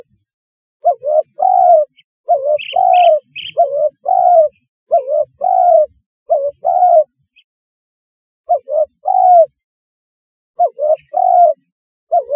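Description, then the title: Spotted dove giving low, soft coos in grouped phrases, each phrase a quick series of hooted notes with pauses between, plus a few brief high chirps early on. "Tekukur"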